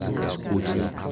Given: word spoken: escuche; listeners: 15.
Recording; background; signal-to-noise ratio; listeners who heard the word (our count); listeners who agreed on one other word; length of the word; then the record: one Spanish word in noise, from a listening test; eight-talker babble; -2.8 dB; 0 of 15; 10 of 15; 0.72 s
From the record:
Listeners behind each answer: 10, 2, 1, 1, 1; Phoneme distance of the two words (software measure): 10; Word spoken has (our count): 3 syllables, 6 phonemes, stress on syllable 2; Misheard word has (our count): 3 syllables, 6 phonemes, stress on syllable 2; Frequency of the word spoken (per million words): 3.71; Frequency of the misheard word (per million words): 25.95